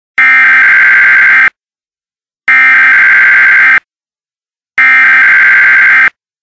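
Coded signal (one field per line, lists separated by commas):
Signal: Emergency Alert System (SAME) tones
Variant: header bursts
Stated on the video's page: EAS required monthly test.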